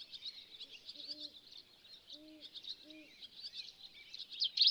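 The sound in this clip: Bird chorus, a dense high twittering wash, with a few soft low doubled notes near the one- to three-second mark.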